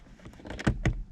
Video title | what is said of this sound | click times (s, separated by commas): volvo v70 s60 s80 xc70 xc90 how to replace the manual Shifter knob | You heard that click, that firm click. | 0.9 s